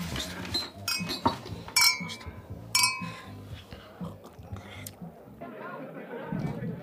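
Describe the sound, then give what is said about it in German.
Several bright glass clinks ring out in quick succession in a New Year's Eve toast, a few sharp tings with short shimmering tails, over a low murmur of people chatting in the background. “Auf den letzten Silvester von Franz. Ja, Prost. Prost.”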